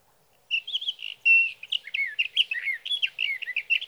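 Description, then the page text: Sage thrasher song: a long, rapid stream of varied whistled and burry notes, slurred up and down without pause. Male singing through the night near his night roost, evening of June 12 to morning of June 15, 2018, Sierra Valley, California; Swift recorder. "Birdsong for the Curious Naturalist: Explore #7 Sage thrasher songs, through the night."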